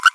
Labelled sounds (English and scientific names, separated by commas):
Green-rumped Parrotlet (Forpus passerinus) babbling